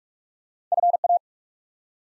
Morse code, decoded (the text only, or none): FA